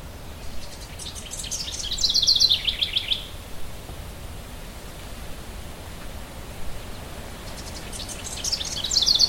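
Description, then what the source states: Bird song in quick, high chirping trills, one burst early and another at the end, over a steady low rush of wind. Birds heard with wind.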